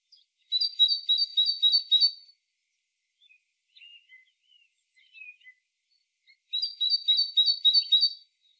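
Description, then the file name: Great tit song of fast repeated high two-note phrases, two bursts separated by a pause holding a few faint lower chirps. "Parus major"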